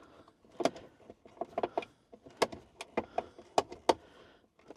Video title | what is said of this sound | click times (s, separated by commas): Protect Your Truck! Keep Car Alarm System Unboxing, Installing and Testing | Um, yeah, that's locked into place. | 0.7 s, 1.8 s, 2.4 s, 3.2 s, 3.6 s, 3.9 s